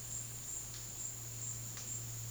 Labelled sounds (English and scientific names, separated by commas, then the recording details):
none
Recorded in secondary vegetation near Puerto Asís, Putumayo, Colombia, on 20 February 2024 at 14:00
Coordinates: 0.468, -76.324
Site G6381